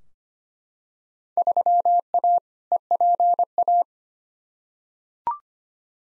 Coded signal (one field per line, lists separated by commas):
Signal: Morse code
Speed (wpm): 25 wpm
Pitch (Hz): 700 Hz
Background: none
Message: 3A EPA